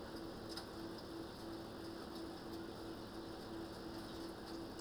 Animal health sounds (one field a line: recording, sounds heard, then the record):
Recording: poultry house recording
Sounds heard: healthy chickens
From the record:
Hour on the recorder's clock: 19